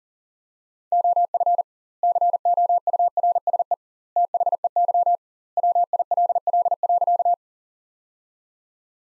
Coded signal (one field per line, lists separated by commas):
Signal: Morse code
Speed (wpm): 40 wpm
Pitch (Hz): 700 Hz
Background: none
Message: OF COURSE THEY WILL.